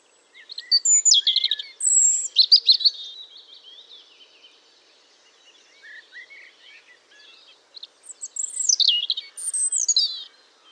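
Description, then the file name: European robin song: high, thin warbled phrases with quick trills and sliding notes, in bursts separated by quieter, scratchy passages. "Erithacus rubecula"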